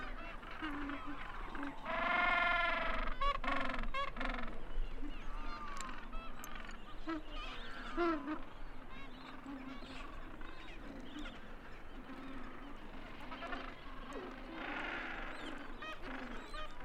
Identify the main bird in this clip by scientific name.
Pygoscelis papua